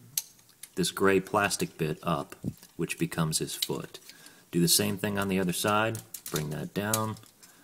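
Someone talks while handling the gray plastic foot panels of a Transformers Prime Robots in Disguise Bulkhead transforming robot toy, bringing a panel up to form his foot and then down on the other side of the leg. A sharp plastic tap at 0.2 s and a fainter one at 0.6 s are heard among the speech. Nothing has tabbed or locked into place yet.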